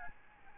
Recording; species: mosquito wingbeat signal from an infrared sensor; Aedes albopictus